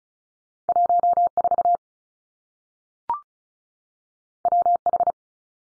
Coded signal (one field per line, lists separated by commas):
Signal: Morse code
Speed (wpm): 36 wpm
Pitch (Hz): 700 Hz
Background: none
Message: 1 4 W H